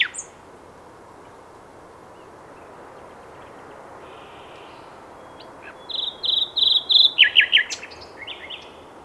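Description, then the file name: Common nightingale song phrase arriving after several seconds of quiet hiss: a quick burst of loud repeated notes, then a short run of sharp chips. "Luscinia megarhynchos"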